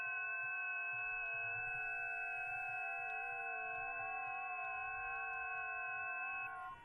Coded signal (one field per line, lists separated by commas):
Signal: FT8